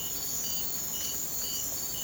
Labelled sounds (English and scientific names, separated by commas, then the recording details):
none
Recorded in secondary vegetation near Puerto Asís, Putumayo, Colombia, on 30 June 2025 at 04:00
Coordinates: 0.500, -76.326
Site GP08